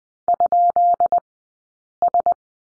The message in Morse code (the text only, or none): ?S